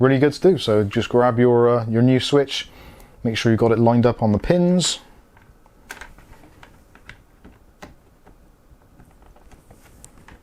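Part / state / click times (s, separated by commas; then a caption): mechanical key switch into keyboard hot-swap socket / not seated / none. Someone talks while a replacement OUTEMU mechanical key switch is lined up on its two pins over the hot-swap socket of a Tecware Phantom 87 or 88 RGB TKL mechanical keyboard. After the talking stops around 5 seconds, there are a few quiet handling clicks and taps. Nothing has seated or clicked into place yet.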